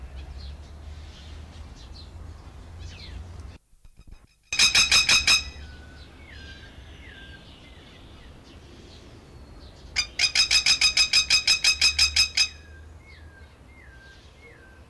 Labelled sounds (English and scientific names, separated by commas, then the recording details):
Masked Lapwing (Vanellus miles) call
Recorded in captivity
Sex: male
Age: adult
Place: Zoo Berlin, Berlin, DE
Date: 1999-07-20 16:58
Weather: fair, thunderstorm, 26-28°C
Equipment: Sony WM-D6C, Sennheiser ME 80, Kopie Uher 4000 Report Monitor
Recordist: Tembrock, Günter
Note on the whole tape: Wohl Männchen: Rufreihen, Entfernung 5 m. Einmal Abbruch - begann zu putzen; Aufnahme bis 17.12 Uhr